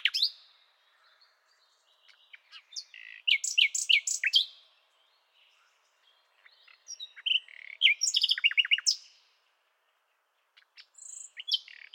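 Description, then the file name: Common nightingale song of scattered chirps and whistles building into a tumbling run of varied notes, with short quiet gaps between phrases. "Luscinia megarhynchos"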